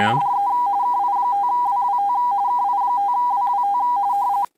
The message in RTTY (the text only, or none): DE KI5WWT KI5WWT